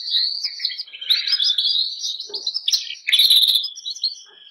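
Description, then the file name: Canary song, a continuous run of bright warbling phrases with quick trills and a buzzy rattling burst near the end. "canto do canario bernois"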